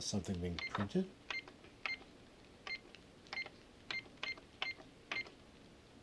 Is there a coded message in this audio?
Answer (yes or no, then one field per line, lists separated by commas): no